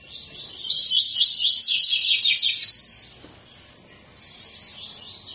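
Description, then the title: Double-collared seedeater song, a dense run of quick, high chattering notes for about two seconds, followed by softer, thinner phrases. Tui-tui song style of a spirited ('fibra') bird, used as a teacher song for training young birds. "COLEIRO TUI TUI FIBRA CANTO PROFESSOR"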